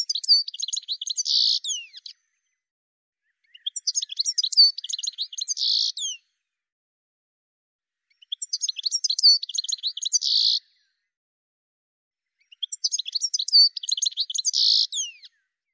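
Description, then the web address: Bird song: four bursts of rapid high chirps and twittering with a short buzzy trill near the end, each phrase two to three seconds long, repeated about every four seconds. "cianscape birddata"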